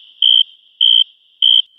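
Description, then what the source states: Tree cricket mating call, loud and pure-toned: three even high chirps, each about a quarter second, starting about 0.6 seconds apart, with no other sounds. Same male chirping with its head through a hole in a leaf used as a baffle, which can more than double the mating call's volume.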